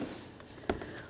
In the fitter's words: Listen for a click from all three of your locking tabs.